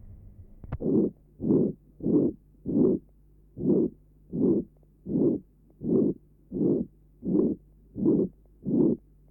Patient has a ventricular septal defect. Recording taken at left sternal edge. Note the pansystolic murmur.